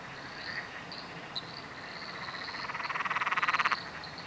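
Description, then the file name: Frog chorus, quiet pulsed calls at first, then a fast rattling trill building to loud near the end, with short high chirps above. Frog chorus recorded at night under a bridge in Royal National Park. "nocturnal frog chorus under a bridge royal national park"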